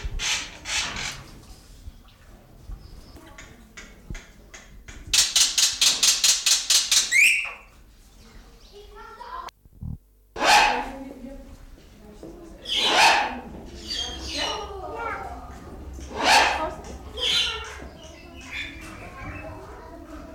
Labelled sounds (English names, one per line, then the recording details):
Black-winged Starling
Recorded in captivity
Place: Zoo Berlin, Berlin, DE
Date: 1996-02-24 11:46
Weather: heiter, -6°C
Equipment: Sony WM-D6C, Sennheiser ME 80, Kopie Uher 4000 Report Monitor
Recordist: Tembrock, Günter